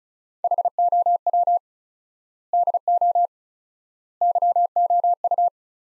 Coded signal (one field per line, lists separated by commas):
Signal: Morse code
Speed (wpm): 34 wpm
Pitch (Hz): 700 Hz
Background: none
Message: HOW DO YOU